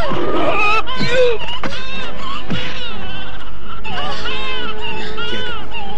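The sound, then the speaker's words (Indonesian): A tiger, struck by a blow, cries out in pain as it goes away, with a series of drawn-out, wavering, high-pitched yowls, rising and falling one after another, loud and strained throughout. “Harimau itu pergi dengan kesakitan.”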